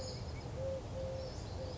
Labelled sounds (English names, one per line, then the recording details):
Eurasian Collared Dove
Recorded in Sonoma County, California